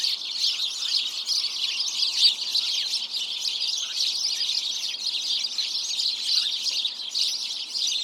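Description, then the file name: House sparrow calls, a crowded chorus of quick chirps running without a break. "Passer domesticus"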